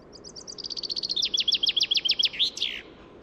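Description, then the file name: Common chaffinch singing one full phrase: quick high chips accelerating into a cascading, steadily falling trill, closed by a brief terminal flourish. "Fringilla coelebs"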